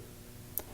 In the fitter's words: The cable holder should also snap into place in the bottom of the connector.